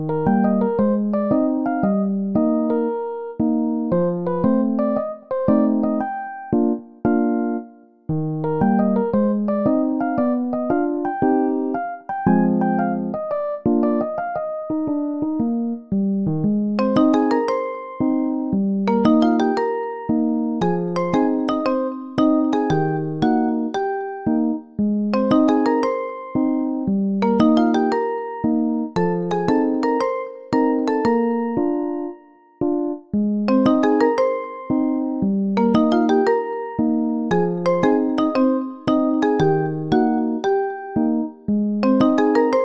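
Piano plays a steady, flowing melody of mid and low notes, with sharper, brighter struck notes entering after about sixteen seconds.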